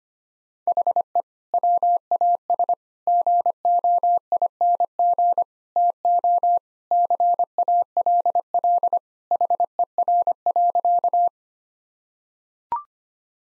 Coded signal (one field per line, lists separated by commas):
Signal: Morse code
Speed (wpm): 25 wpm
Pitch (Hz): 700 Hz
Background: none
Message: HE WAS GOING TO CALL HER.